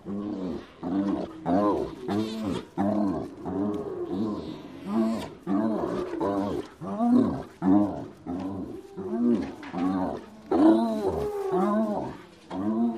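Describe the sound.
Hyena calls: a long run of short, arched, rising-then-falling moaning notes with rich harmonics, irregularly spaced.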